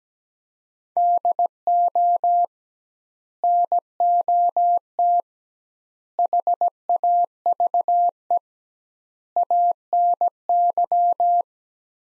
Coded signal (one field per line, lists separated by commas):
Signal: Morse code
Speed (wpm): 17 wpm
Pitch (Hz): 700 Hz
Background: none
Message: DO NOT HAVE ANY